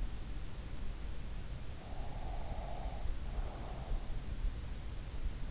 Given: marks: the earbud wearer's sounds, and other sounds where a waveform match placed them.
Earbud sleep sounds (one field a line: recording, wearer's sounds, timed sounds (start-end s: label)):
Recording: sounds in sleep by an in-ear microphone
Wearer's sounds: breath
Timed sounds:
1.55-4.19 s: breath